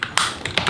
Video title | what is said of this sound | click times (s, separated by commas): Daddy Share Space Daily 9 19 24 Festool KHC 18 Unboxing And Overview | and then it it locks into place | 0.2 s